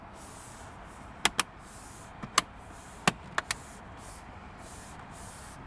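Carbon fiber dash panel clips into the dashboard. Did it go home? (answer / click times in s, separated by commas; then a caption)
yes / 1.2 s, 1.4 s, 2.4 s, 3.1 s, 3.4 s. A plastic carbon fiber dash panel, replacing the dash fabric on a 2026 Tesla Model Y Juniper, is pushed gently into the dashboard. Its clips snap in one after another up to the middle, with sharp clicks at 1.3, 1.4, 2.4, 3.1 and 3.4 seconds and a softer snap at 3.5 seconds over a steady background hiss. The panel is seated.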